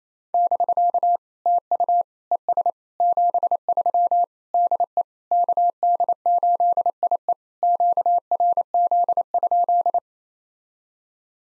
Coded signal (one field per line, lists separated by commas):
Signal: Morse code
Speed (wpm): 28 wpm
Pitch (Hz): 700 Hz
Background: none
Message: <BK> TU ES 73 DE KD8IE QRZ?